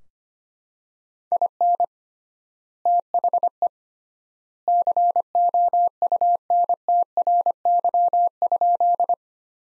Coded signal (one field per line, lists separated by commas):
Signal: Morse code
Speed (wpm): 25 wpm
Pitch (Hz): 700 Hz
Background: none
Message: IN THE COUNTRY?